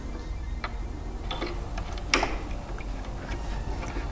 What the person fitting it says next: that was a nice click